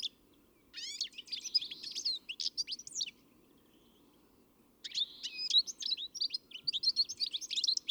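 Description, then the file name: European greenfinch giving rapid twittering calls mixed with buzzy nasal notes, in two bursts separated by a pause of nearly two seconds; a low steady hum underneath. "Chloris chloris"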